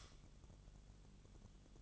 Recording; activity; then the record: daily activity, microphone in the room; light off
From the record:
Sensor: 4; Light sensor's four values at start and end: 12/29/11/11 and 12/27/10/10